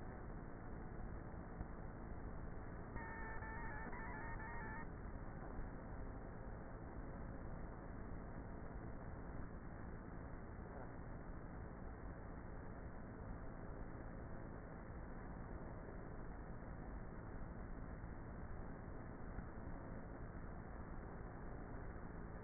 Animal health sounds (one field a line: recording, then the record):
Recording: honeybee colony, microphone inside the hive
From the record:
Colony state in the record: queenless with a low population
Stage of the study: before two queens were removed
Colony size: about 30,000 bees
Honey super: no